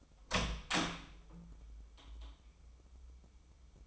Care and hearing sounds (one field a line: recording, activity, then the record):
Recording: daily activity, microphone in the room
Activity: open door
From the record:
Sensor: 1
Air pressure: 996.1 hPa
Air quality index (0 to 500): 42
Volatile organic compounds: 1 ppm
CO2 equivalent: 850 ppm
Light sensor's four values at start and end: 14/33/14/16 and 14/33/14/16